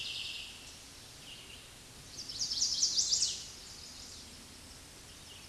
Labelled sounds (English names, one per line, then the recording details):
Chestnut-sided Warbler song
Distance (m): 15 m
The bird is about level with the microphone
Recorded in a Pennsylvania forest on 16 May 2024 at 09:58
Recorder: AudioMoth, point MSD-2166
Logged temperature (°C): 16.3 °C
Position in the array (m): 110 m, -12 m